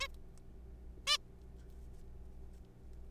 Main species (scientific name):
Taeniopygia guttata